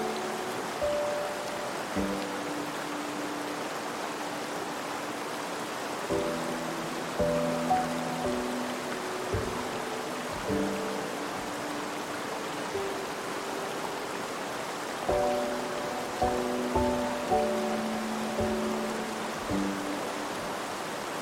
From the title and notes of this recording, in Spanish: Combinando los suaves sonidos del agua que fluye con música tranquila. Un arroyo cascada, acompañados de música relajante.